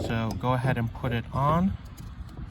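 Someone talks while handling a plastic wiper blade clip at the metal hook of a windshield wiper arm from a WJ Jeep Grand Cherokee, about to put it back on. After the speech, only faint low handling noise is heard; the clip has not clicked or seated onto the arm yet.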